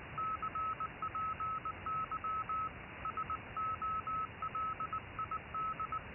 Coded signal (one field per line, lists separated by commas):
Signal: Morse code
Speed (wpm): 19 wpm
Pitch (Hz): 1290 Hz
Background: none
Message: CPY SOLID